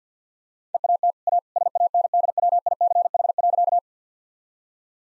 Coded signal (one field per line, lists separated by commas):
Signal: Morse code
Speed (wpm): 50 wpm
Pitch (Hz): 700 Hz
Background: none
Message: EAT A SANDWICH.